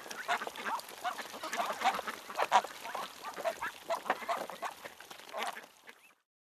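Duck flock quacking, a busy chatter of short raspy calls from many birds, softening toward the end before falling silent.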